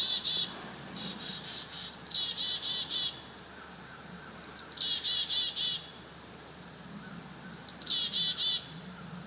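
Chickadee mobbing calls: high chips followed by long strings of harsh, buzzy dee notes, in three main bursts.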